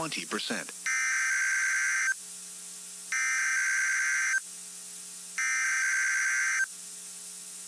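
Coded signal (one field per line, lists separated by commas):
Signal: Emergency Alert System (SAME) tones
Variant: header bursts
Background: speech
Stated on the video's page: Emergency alert tests captured from a radio station relay.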